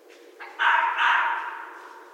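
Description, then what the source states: Red fox giving a harsh, hoarse call: a short lead-in, then a strained, noisy shriek in two swells that fades out. Recorded 14 January 2012.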